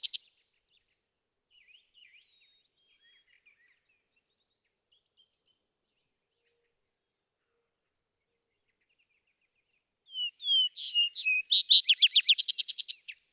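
Vesper sparrow song: the tail of one song, a long quiet stretch with faint chips, then another song of whistled notes leading into a rapid trill.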